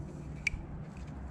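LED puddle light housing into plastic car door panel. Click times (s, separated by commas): 0.5 s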